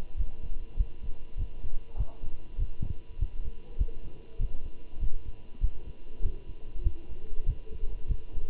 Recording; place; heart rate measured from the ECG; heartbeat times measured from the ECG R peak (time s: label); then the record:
heart sounds by stethoscope; between the tricuspid and mitral areas; 99 bpm
0.18 s: heartbeat
0.78 s: heartbeat
1.38 s: heartbeat
1.98 s: heartbeat
2.59 s: heartbeat
3.19 s: heartbeat
3.79 s: heartbeat
4.40 s: heartbeat
5.00 s: heartbeat
5.61 s: heartbeat
6.23 s: heartbeat
6.84 s: heartbeat
7.47 s: heartbeat
8.09 s: heartbeat
From the record:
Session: walking at 3.7 km/h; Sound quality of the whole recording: good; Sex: male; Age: 23 years